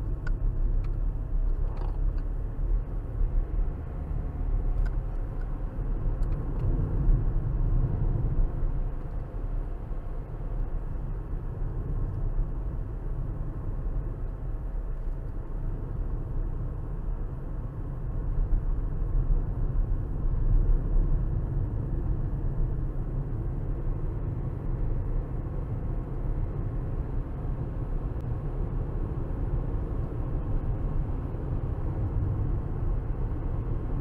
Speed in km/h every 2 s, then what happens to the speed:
56, 61, 66, 64, 61, 60, 58, 56, 58, 60, 60, 60, 63, 63, 68, 71, 72.
0-4 speeds up to 66. 4-14 slows to 56. 14-26 steady at about 60. 26-34 speeds up to 72.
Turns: none.